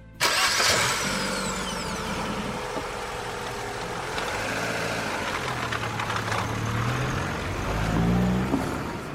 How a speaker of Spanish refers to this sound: Ana sube al coche y arranca, y Remy cierra la puerta tras de sí.